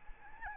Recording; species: mosquito wingbeat signal from an infrared sensor; Aedes albopictus